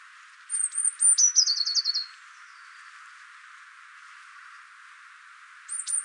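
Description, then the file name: Eurasian blue tit giving high thin notes and a quick trill, then a long quiet gap before another burst of high sharp notes begins at the end. "Cyanistes caeruleus"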